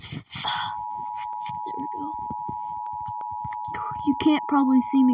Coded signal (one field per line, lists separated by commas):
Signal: Emergency Alert System (SAME) tones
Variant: 853 and 960 Hz attention tone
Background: speech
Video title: reacting eas scenario the fog is comming